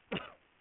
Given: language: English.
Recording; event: throat vibration sensor signal played as sound; cough